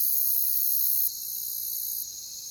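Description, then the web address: Shrill, high cricket trilling that steps down abruptly in loudness twice during the short stretch. "Nature Songs Nature Sounds Sounds of Nature Collection Crickets"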